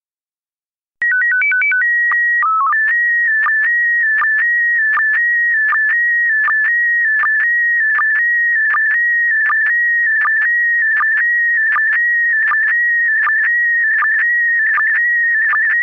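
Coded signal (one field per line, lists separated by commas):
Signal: SSTV (slow-scan television)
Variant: PD 180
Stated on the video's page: SSTV image transmission.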